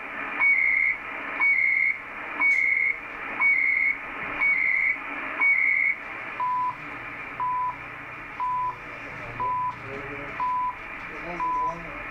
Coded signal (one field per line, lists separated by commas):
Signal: radio time signal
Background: speech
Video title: Live Shortwave radio stream Saturday April 5th 2025